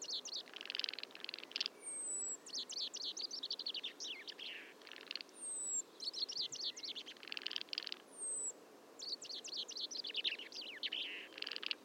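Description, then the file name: Common chaffinch singing: repeated fast downward-sliding trills roughly every two to three and a half seconds, with high thin whistles and constant hiss. "Fringilla coelebs"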